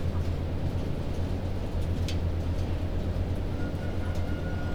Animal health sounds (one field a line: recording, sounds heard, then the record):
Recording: poultry house recording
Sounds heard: healthy chickens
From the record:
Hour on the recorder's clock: 1